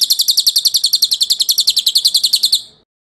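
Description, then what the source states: Bird song: a rapid run of repeated high chipping notes, steady for over two seconds before trailing off into silence. Masteran recording, a tutor track played to teach songbirds.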